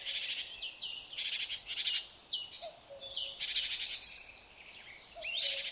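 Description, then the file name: Great tit buzzy churring bursts and high thin notes, pausing for about a second before a final rasping burst; a faint low tone underneath. "Parus major"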